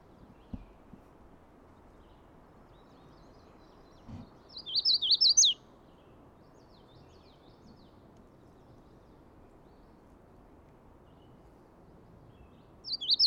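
Magnolia warbler song: a short, high, wavering phrase, then long quiet, with the song starting again at the very end; a low thump precedes the first phrase.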